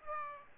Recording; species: mosquito wingbeat signal from an infrared sensor; Aedes aegypti